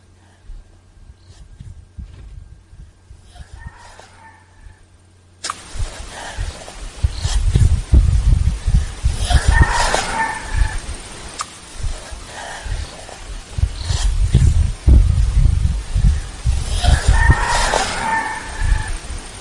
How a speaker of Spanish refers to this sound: Y con el gallo de fondo. Y con el gallo de fondo, efectivamente.